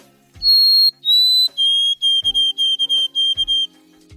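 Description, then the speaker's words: White-throated Sparrow song: two long, pure whistled notes, the second slightly lower, then a steady run of shorter whistled notes on one lower pitch. Fully developed adult that has perfected, or crystallized, its song, with confident, precise notes. "Now, listen to a fully developed white-throated sparrow that has perfected or crystallized its song. Notice the confident, precise notes."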